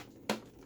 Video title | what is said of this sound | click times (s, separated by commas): Sebo Essential G/Automatic X Maintenance Guide (Bag, Filters, Brushroll) | can hear that just clicked into place. | 0.3 s